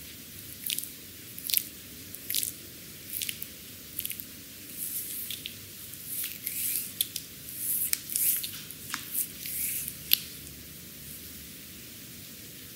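Oily back massage with bamboo sticks: short, wet, slippery swishes and squishes come in an uneven rhythm, roughly one or two each second. A steady low hum sits quietly underneath throughout.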